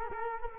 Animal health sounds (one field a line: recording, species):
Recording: mosquito wingbeat signal from an infrared sensor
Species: Culex quinquefasciatus